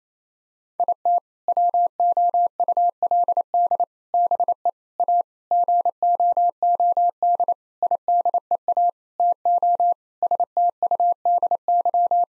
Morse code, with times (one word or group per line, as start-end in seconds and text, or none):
0.8-1.2 IT
1.5-3.8 WOULD
4.1-4.7 BE
5.0-5.2 A
5.5-7.5 GOOD
7.8-8.9 IDEA
9.2-9.9 TO
10.2-12.2 STUDY